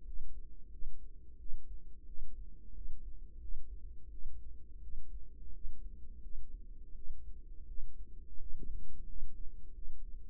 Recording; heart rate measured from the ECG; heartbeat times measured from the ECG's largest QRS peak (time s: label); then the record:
heart sounds by microphone in the right ear; 87 bpm
0.03 s: heartbeat
0.69 s: heartbeat
1.37 s: heartbeat
2.04 s: heartbeat
2.72 s: heartbeat
3.39 s: heartbeat
4.09 s: heartbeat
4.80 s: heartbeat
5.51 s: heartbeat
6.20 s: heartbeat
6.93 s: heartbeat
7.65 s: heartbeat
8.37 s: heartbeat
9.04 s: heartbeat
9.72 s: heartbeat
From the record:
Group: healthy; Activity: rest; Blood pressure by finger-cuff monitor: 78/60 mmHg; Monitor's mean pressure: 66 mmHg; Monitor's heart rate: 86 bpm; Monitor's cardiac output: 6.3 L/min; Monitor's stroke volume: 72 mL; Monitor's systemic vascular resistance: 750 dyn s/cm5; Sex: female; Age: 19 years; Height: 163 cm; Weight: 48.9 kg